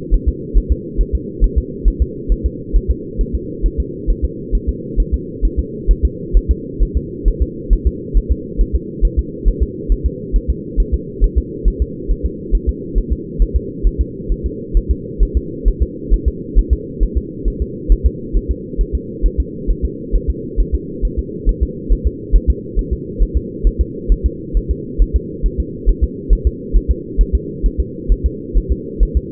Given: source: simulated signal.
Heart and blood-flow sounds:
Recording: fetal heart sounds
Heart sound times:
0.14 s: S1
0.28 s: S2
0.58 s: S1
0.72 s: S2
1.01 s: S1
1.15 s: S2
1.44 s: S1
1.58 s: S2
1.88 s: S1
2.02 s: S2
2.32 s: S1
2.46 s: S2
2.76 s: S1
2.91 s: S2
3.21 s: S1
3.35 s: S2
3.66 s: S1
3.80 s: S2
4.10 s: S1
4.25 s: S2
4.55 s: S1
4.69 s: S2
5.00 s: S1
5.14 s: S2
5.45 s: S1
5.59 s: S2
5.91 s: S1
6.05 s: S2
6.37 s: S1
6.51 s: S2
6.83 s: S1
6.97 s: S2
7.28 s: S1
7.42 s: S2
7.73 s: S1
7.87 s: S2
8.17 s: S1
8.32 s: S2
8.61 s: S1
8.75 s: S2
9.05 s: S1
9.19 s: S2
9.48 s: S1
9.62 s: S2
9.92 s: S1
10.06 s: S2
10.36 s: S1
10.50 s: S2
10.80 s: S1
10.94 s: S2
11.24 s: S1
11.38 s: S2
11.68 s: S1
11.82 s: S2
12.11 s: S1
12.25 s: S2
12.55 s: S1
12.69 s: S2
12.98 s: S1
13.12 s: S2
13.42 s: S1
13.56 s: S2
13.87 s: S1
14.01 s: S2
14.32 s: S1
14.46 s: S2
14.77 s: S1
14.91 s: S2
15.23 s: S1
15.37 s: S2
15.68 s: S1
15.82 s: S2
16.14 s: S1
16.28 s: S2
16.59 s: S1
16.73 s: S2
17.03 s: S1
17.17 s: S2
17.48 s: S1
17.62 s: S2
17.92 s: S1
18.06 s: S2
18.36 s: S1
18.51 s: S2
18.81 s: S1
18.95 s: S2
19.26 s: S1
19.40 s: S2
19.70 s: S1
19.85 s: S2
20.15 s: S1
20.30 s: S2
20.60 s: S1
20.75 s: S2
21.05 s: S1
21.19 s: S2
21.49 s: S1
21.63 s: S2
21.92 s: S1
22.07 s: S2
22.36 s: S1
22.50 s: S2
22.79 s: S1
22.93 s: S2
23.23 s: S1
23.37 s: S2
23.67 s: S1
23.81 s: S2
24.12 s: S1
24.26 s: S2
24.57 s: S1
24.71 s: S2
25.02 s: S1
25.16 s: S2
25.46 s: S1
25.60 s: S2
25.89 s: S1
26.03 s: S2
26.33 s: S1
26.47 s: S2
26.76 s: S1
26.91 s: S2
27.21 s: S1
27.35 s: S2
27.66 s: S1
27.80 s: S2
28.12 s: S1
28.26 s: S2
28.58 s: S1
28.72 s: S2
29.03 s: S1
29.17 s: S2
From the record:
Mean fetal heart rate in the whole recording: 135 bpm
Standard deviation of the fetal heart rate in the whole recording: 3 bpm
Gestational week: 36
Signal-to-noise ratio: -4.1 dB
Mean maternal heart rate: no maternal heart sound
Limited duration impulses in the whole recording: absent

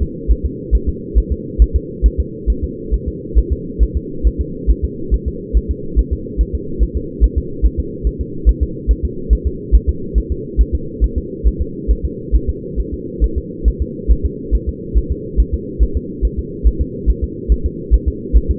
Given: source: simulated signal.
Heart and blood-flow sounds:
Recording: fetal heart sounds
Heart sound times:
0.03 s: S2
0.31 s: S1
0.45 s: S2
0.75 s: S1
0.89 s: S2
1.18 s: S1
1.32 s: S2
1.62 s: S1
1.76 s: S2
2.06 s: S1
2.20 s: S2
2.50 s: S1
2.64 s: S2
2.94 s: S1
3.08 s: S2
3.38 s: S1
3.52 s: S2
3.83 s: S1
3.97 s: S2
4.27 s: S1
4.41 s: S2
4.70 s: S1
4.84 s: S2
5.14 s: S1
5.28 s: S2
5.57 s: S1
5.71 s: S2
5.99 s: S1
6.13 s: S2
6.41 s: S1
6.55 s: S2
6.83 s: S1
6.97 s: S2
7.24 s: S1
7.38 s: S2
7.66 s: S1
7.80 s: S2
8.07 s: S1
8.21 s: S2
8.49 s: S1
8.63 s: S2
8.91 s: S1
9.05 s: S2
9.33 s: S1
9.47 s: S2
9.75 s: S1
9.89 s: S2
10.18 s: S1
10.32 s: S2
10.61 s: S1
10.75 s: S2
11.04 s: S1
11.18 s: S2
11.47 s: S1
11.61 s: S2
11.91 s: S1
12.05 s: S2
12.35 s: S1
12.49 s: S2
12.80 s: S1
12.94 s: S2
13.24 s: S1
13.38 s: S2
13.68 s: S1
13.82 s: S2
14.11 s: S1
14.25 s: S2
14.55 s: S1
14.69 s: S2
14.98 s: S1
15.12 s: S2
15.40 s: S1
15.54 s: S2
15.83 s: S1
15.97 s: S2
16.25 s: S1
16.39 s: S2
16.67 s: S1
16.81 s: S2
17.10 s: S1
17.24 s: S2
17.52 s: S1
17.66 s: S2
17.94 s: S1
18.08 s: S2
18.37 s: S1
18.51 s: S2
From the record:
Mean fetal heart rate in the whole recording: 140 bpm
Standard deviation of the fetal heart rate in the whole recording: 2 bpm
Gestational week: 34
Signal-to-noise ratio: -4.3 dB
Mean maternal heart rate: 72 bpm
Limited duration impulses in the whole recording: absent

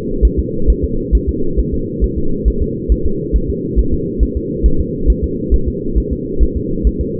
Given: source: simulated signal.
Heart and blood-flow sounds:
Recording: fetal heart sounds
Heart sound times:
0.25 s: S1
0.39 s: S2
0.70 s: S1
0.84 s: S2
1.15 s: S1
1.29 s: S2
1.59 s: S1
1.74 s: S2
2.04 s: S1
2.18 s: S2
2.48 s: S1
2.62 s: S2
2.92 s: S1
3.06 s: S2
3.36 s: S1
3.50 s: S2
3.79 s: S1
3.94 s: S2
4.23 s: S1
4.37 s: S2
4.66 s: S1
4.81 s: S2
5.10 s: S1
5.24 s: S2
5.54 s: S1
5.68 s: S2
5.98 s: S1
6.13 s: S2
6.43 s: S1
6.57 s: S2
6.87 s: S1
7.01 s: S2
From the record:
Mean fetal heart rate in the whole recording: 135 bpm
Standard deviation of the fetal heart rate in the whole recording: 3 bpm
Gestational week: 34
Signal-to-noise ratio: -8.1 dB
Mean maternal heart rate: 72 bpm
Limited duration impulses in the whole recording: absent

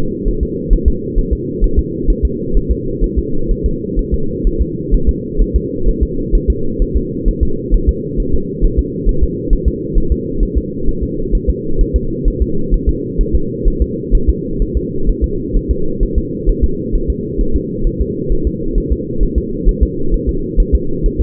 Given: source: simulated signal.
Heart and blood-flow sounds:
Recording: fetal heart sounds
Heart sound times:
0.28 s: S1
0.43 s: S2
0.73 s: S1
0.88 s: S2
1.19 s: S1
1.33 s: S2
1.64 s: S1
1.79 s: S2
2.10 s: S1
2.25 s: S2
2.57 s: S1
2.71 s: S2
3.04 s: S1
3.19 s: S2
3.51 s: S1
3.66 s: S2
3.99 s: S1
4.14 s: S2
4.47 s: S1
4.61 s: S2
4.94 s: S1
5.09 s: S2
5.42 s: S1
5.56 s: S2
5.88 s: S1
6.03 s: S2
6.35 s: S1
6.50 s: S2
6.82 s: S1
6.97 s: S2
7.28 s: S1
7.43 s: S2
7.75 s: S1
7.89 s: S2
8.20 s: S1
8.34 s: S2
8.64 s: S1
8.79 s: S2
9.09 s: S1
9.23 s: S2
9.53 s: S1
9.68 s: S2
9.98 s: S1
10.12 s: S2
10.43 s: S1
10.58 s: S2
10.89 s: S1
11.03 s: S2
11.35 s: S1
11.50 s: S2
11.81 s: S1
11.96 s: S2
12.28 s: S1
12.42 s: S2
12.74 s: S1
12.89 s: S2
13.21 s: S1
13.35 s: S2
13.68 s: S1
13.82 s: S2
14.15 s: S1
14.29 s: S2
14.62 s: S1
14.77 s: S2
15.09 s: S1
15.24 s: S2
15.56 s: S1
15.71 s: S2
16.03 s: S1
16.18 s: S2
16.50 s: S1
16.64 s: S2
16.95 s: S1
17.10 s: S2
17.41 s: S1
17.56 s: S2
17.87 s: S1
18.01 s: S2
18.32 s: S1
18.47 s: S2
18.78 s: S1
18.92 s: S2
19.23 s: S1
19.38 s: S2
19.69 s: S1
19.83 s: S2
20.14 s: S1
20.29 s: S2
20.60 s: S1
20.75 s: S2
21.06 s: S1
21.21 s: S2
From the record:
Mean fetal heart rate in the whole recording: 130 bpm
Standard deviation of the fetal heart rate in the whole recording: 2 bpm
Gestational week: 38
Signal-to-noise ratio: -8.1 dB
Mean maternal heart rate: 72 bpm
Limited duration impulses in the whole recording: absent

